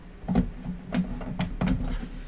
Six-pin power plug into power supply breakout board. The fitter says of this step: and again you hear the clicking now i move this i move these uh power supplies around